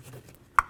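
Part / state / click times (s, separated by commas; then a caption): wiring harness connector onto mass air flow sensor / seated / 0.6 s. A wiring harness plug is pushed onto a new mass air flow sensor on a 1992-2000 Chevy Tahoe. Faint handling noise leads up to one sharp, bright click at 0.6 s, followed by a small soft knock as the plug is tugged to check it. The connector is seated and locked.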